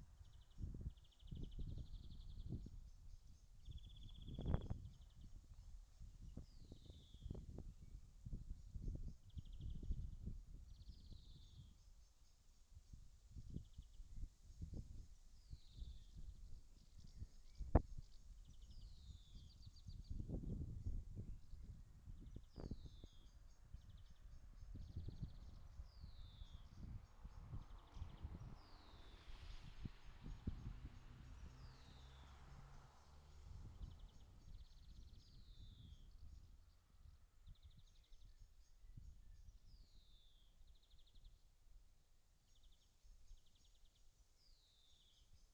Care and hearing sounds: everyday scene through a hearing-aid microphone; wind on the microphone; wind, traffic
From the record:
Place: in front of a rural house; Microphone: in the ear canal, left

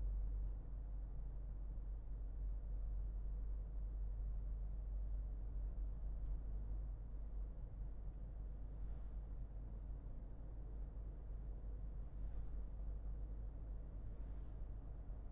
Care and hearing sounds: everyday scene through a hearing-aid microphone; in a vehicle; engine, highway driving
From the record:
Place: Berlingo II, diesel engine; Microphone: behind the ear, left, rear

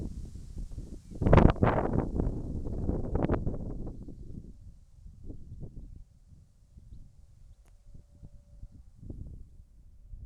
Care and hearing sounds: everyday scene through a hearing-aid microphone; wind on the microphone; wind, whistling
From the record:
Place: in front of a rural house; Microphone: behind the ear, left, rear

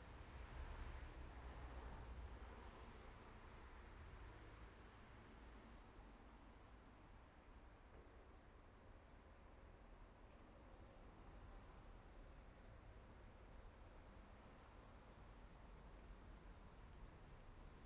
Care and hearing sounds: everyday scene through a hearing-aid microphone; in traffic; traffic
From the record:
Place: main road on the outskirts, rush hour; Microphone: behind the ear, left, front

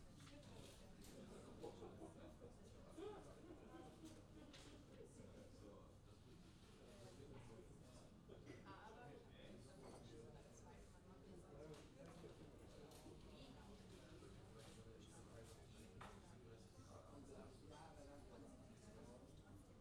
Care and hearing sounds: everyday scene through a hearing-aid microphone; many people talking; many voices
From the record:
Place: university cafeteria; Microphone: in the ear canal, left

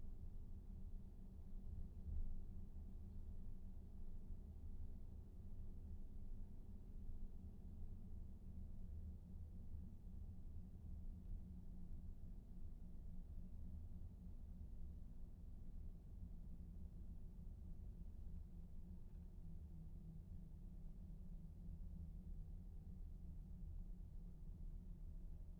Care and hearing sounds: everyday scene through a hearing-aid microphone; in a vehicle; engine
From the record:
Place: VW T5 Caravelle, diesel engine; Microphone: behind the ear, right, front

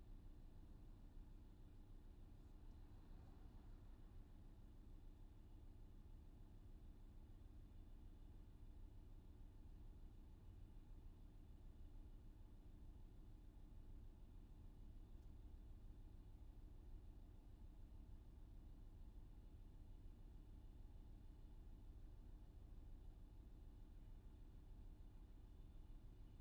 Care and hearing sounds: everyday scene through a hearing-aid microphone; in a vehicle; engine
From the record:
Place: VW T5 Caravelle, diesel engine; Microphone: in the ear canal, left

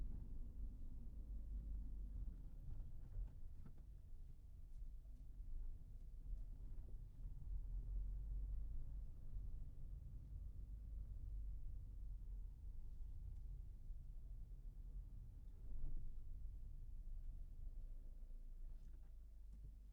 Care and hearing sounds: everyday scene through a hearing-aid microphone; in a vehicle; engine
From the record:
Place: Berlingo II, diesel engine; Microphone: behind the ear, right, rear

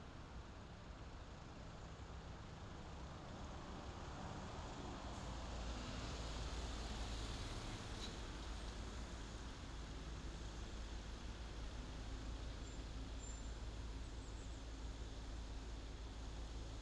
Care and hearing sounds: everyday scene through a hearing-aid microphone; in traffic; traffic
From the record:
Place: main city hub, rush hour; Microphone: in the ear canal, left

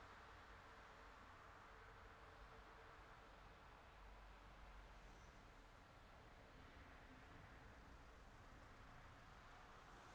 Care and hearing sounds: everyday scene through a hearing-aid microphone; in traffic; traffic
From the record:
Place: city secondary road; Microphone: in the ear canal, left

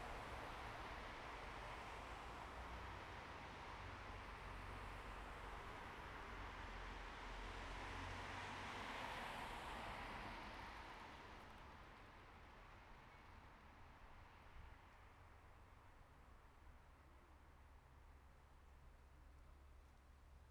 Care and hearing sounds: everyday scene through a hearing-aid microphone; in traffic; traffic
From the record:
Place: bus stop on a city main road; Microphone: behind the ear, right, rear

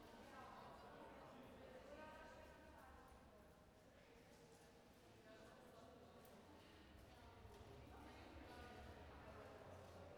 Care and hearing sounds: everyday scene through a hearing-aid microphone; reverberant space; background noise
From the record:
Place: railway station hall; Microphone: behind the ear, right, rear

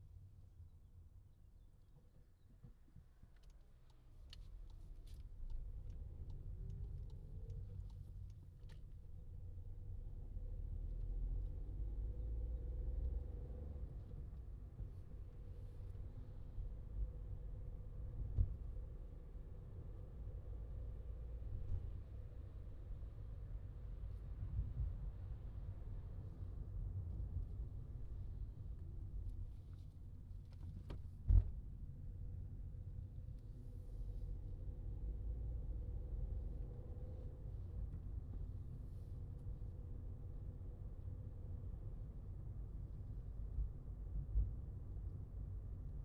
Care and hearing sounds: everyday scene through a hearing-aid microphone; in a vehicle; engine, highway driving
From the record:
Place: Skoda Fabia, gasoline engine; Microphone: in the ear canal, left

